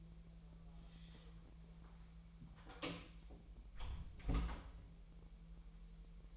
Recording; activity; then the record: daily activity, microphone in the room; close door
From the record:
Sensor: 1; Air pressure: 1001.4 hPa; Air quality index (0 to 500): 249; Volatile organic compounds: 133 ppm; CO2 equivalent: 3946 ppm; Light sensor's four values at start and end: 13/30/12/14 and 12/30/12/13